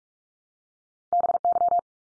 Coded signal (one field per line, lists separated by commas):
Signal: Morse code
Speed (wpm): 44 wpm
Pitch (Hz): 700 Hz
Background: none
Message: BY